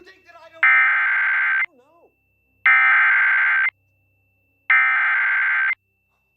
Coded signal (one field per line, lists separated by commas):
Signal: Emergency Alert System (SAME) tones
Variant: header bursts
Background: speech